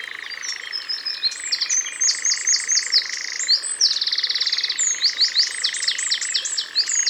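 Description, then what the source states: Eurasian wren singing fast, shrill trills and rattling phrases one after another, with a constant even hum beneath throughout. Recorded in Ardèche.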